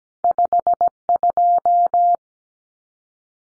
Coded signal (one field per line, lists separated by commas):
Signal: Morse code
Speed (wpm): 17 wpm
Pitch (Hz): 700 Hz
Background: none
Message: 52